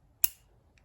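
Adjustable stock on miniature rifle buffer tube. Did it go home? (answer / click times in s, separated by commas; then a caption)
yes / 0.2 s. An adjustable stock on a miniature rifle's buffer tube is slid into its fourth position, and its detent clicks in with one sharp, bright click at 0.2 s, followed by a much fainter tick near 0.8 s. The stock is seated and holds firmly in place.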